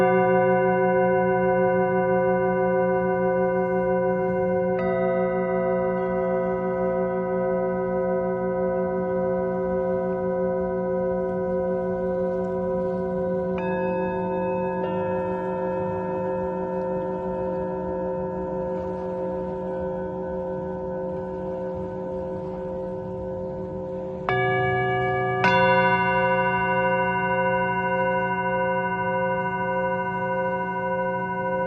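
Singing bowls ring in long, steady overlapping tones, with fresh strikes near 5, 14, 24 and 25 seconds adding brighter layered ringing.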